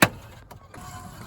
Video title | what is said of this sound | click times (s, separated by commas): DIY Retractable Docking Pin Demo and Design for V6 Frontier Wheelchair | to the easy lock. And it clicks and locks | 0.0 s